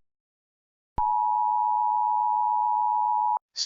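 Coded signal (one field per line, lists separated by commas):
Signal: Emergency Alert System (SAME) tones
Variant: 853 and 960 Hz attention tone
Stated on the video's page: Fictional EAS scenario, not a real alert.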